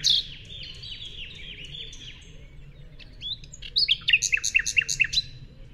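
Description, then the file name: Common nightingale song: a string of downslurred whistles followed by a burst of high, clipped repeated notes. "Luscinia megarhynchos"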